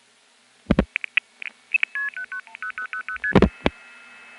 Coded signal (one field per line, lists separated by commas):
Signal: multi-frequency trunk signalling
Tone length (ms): 90 ms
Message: 10000ST